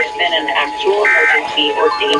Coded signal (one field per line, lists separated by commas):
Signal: Emergency Alert System (SAME) tones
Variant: end-of-message bursts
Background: speech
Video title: EAS #1004-1012: Florida Required Monthly Test for May 2022 || 5/27/22